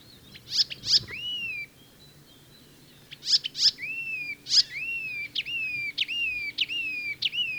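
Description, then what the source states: Icterine Warbler song: sharp high notes, each followed by a drawn-out slurred whistle, repeated in spaced phrases. Has its own motifs but borrows from other birds, including harsh Fieldfare-like sounds; a daytime singer; found in lush parks of southern and central Finland.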